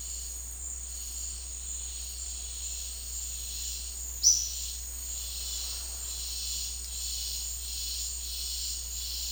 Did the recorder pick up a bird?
yes